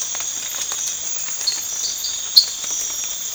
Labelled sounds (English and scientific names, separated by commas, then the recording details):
none
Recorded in pastures near Puerto Asís, Putumayo, Colombia, on 8 March 2025 at 04:00
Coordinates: 0.502, -76.324
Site GP07